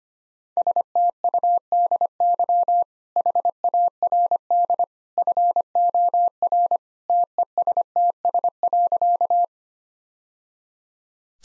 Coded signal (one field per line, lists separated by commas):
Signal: Morse code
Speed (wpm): 25 wpm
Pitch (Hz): 700 Hz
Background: none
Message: STUDY HARD FOR TESTS.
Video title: Easy Sentences with Hints - 25wpm